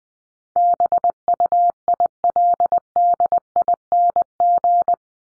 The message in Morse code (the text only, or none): BUILDING